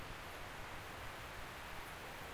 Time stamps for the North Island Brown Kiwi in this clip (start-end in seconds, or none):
none